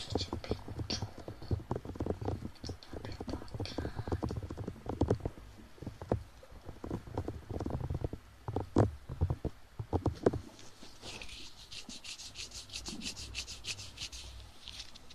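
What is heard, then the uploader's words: Ears being played with: dense rubbing and scratchy crackles with a deep, muffled thump beneath, busy and irregular for the first ten seconds. After that the thumping drops away, leaving softer, brighter brushing and hissy rubbing that continues steadily to the end. TimASMR - play with your ears.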